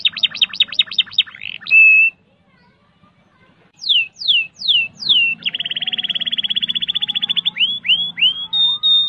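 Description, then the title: Canary singing a quick series of chirps, a steady whistle, silence, then sweeping downslurred notes, a fast trilled rattle and a final level whistle. "Kenari"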